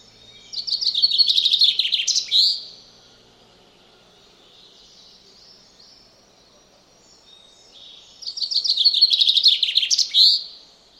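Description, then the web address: Common chaffinch singing two full phrases about eight seconds apart. Each is a quick run of descending notes that speeds up and ends in an emphatic flourish. "Deverinetal 2025"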